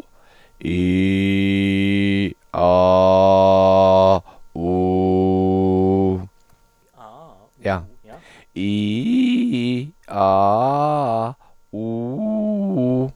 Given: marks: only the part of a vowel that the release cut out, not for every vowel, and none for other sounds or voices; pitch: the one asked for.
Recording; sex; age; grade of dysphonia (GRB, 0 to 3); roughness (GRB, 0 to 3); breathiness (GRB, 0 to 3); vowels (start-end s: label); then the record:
sustained vowels; male; 50 to 59 years; 0; 0; 0
0.79-2.20 s: vowel /i/, low pitch
2.67-4.07 s: vowel /a/, low pitch
4.67-6.08 s: vowel /u/, low pitch
8.64-9.77 s: vowel /i/, low-high-low pitch
10.21-11.24 s: vowel /a/, low-high-low pitch
11.80-13.01 s: vowel /u/, low-high-low pitch
From the record:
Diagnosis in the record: contact pachydermia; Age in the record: 55 years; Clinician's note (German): Zustand nach Abtragung